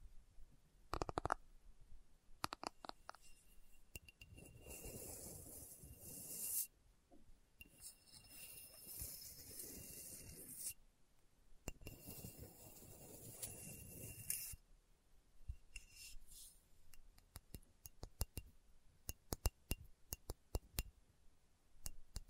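ASMR tapping, with slow taps at first, then two long stretches of hissing, rubbing noise around 4–7 and 11–14 seconds. After that come quicker, sharper taps with a glassy click, spaced unevenly through the final seconds.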